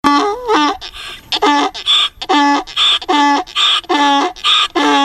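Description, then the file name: Donkey bray, a steady seesaw of rasping hee and haw notes, loud and evenly paced throughout. "Asino (Equus asinus)"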